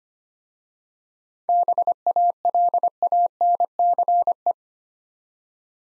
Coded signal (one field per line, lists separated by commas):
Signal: Morse code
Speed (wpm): 25 wpm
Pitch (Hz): 700 Hz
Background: none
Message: BALANCE